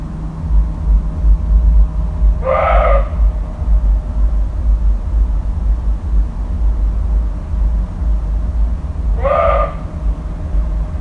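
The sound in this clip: Deer calls: two short, hoarse, nasal bleats about seven seconds apart over a heavy, continuous low rumble.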